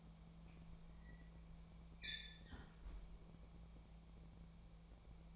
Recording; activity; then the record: daily activity, microphone in the room; close fridge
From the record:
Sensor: 1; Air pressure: 1000.1 hPa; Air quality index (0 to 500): 136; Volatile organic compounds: 2 ppm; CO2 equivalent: 1284 ppm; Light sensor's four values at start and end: 37/93/39/48 and 37/94/40/48